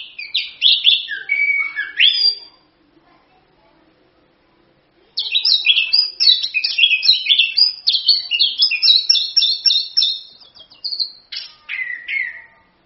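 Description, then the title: Orange-headed thrush singing in fast, jumbled bursts of bright whistles and chattering notes: a short burst, a pause, then a long rich phrase. Singing loudly and continuously; used as a lure to prompt other birds to sing. "ANIS KEMBANG GACOR, ANIS KEMBANG NGEROL, PANCINGAN ANIS KEMBANG BIAR BUNYI"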